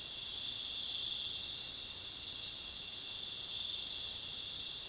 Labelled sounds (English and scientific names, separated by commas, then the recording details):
none
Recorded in dense forest near Puerto Asís, Putumayo, Colombia, on 20 February 2024 at 02:00
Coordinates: 0.505, -76.324
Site G6467